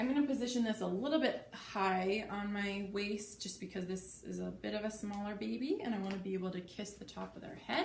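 Someone talks while handling a Lillebaby Complete or Tula Free to Grow baby carrier, positioning its waist belt a little high because the baby is small. The carrier strap is being brought toward the plastic buckle and its clip. The buckle has not snapped home yet, and nothing has seated or clicked by the end of the clip.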